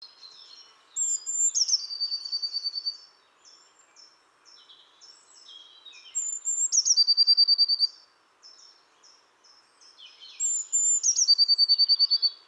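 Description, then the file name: Eurasian blue tit calling three times, each a high thin whistle and a quick even trill, with many short high chips filling the gaps. "Cyanistes caeruleus"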